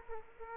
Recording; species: mosquito wingbeat signal from an infrared sensor; Aedes aegypti